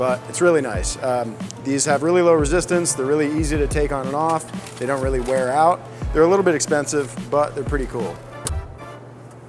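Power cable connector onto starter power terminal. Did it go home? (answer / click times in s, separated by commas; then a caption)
yes / 8.5 s. Someone talks over background music while a crimped Radlok-style high-current connector on the starter's main power wire is pushed onto its mating pin on the starter power terminal. A single sharp click at 8.5 s marks the connector locking in, and it is seated.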